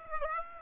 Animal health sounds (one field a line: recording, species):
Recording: mosquito wingbeat signal from an infrared sensor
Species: Aedes aegypti